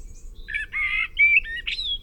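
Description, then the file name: Common blackbird giving a short phrase of full, warbled fluting notes followed by a bright squeaky flourish, with a soft low rumble behind. "Turdus merula"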